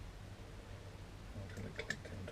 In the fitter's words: It clicked into place. There we go.